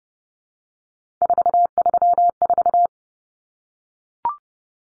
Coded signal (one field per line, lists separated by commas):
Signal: Morse code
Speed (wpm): 30 wpm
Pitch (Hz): 700 Hz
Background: none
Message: 434